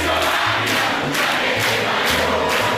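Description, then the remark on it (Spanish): A large crowd shouts insults and roars in a loud, continuous din, voices surging in waves with deep chanting tones underneath, angry and unbroken throughout. “Los gritos, los insultos, no hablan de mí, hablan de ustedes, señores.”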